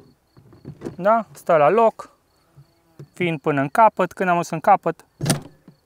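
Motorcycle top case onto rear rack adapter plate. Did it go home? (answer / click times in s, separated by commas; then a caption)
yes / 5.3 s. A Givi Trekker Outback 48L motorcycle top case on a TransALP 650 is slid over the two pins of its rear rack adapter plate (Givi adaptor kit, OF-MK to OF-CAM) to the end stop while someone talks. The latch clicks at 5.3 s. The case is locked on firmly and does not move.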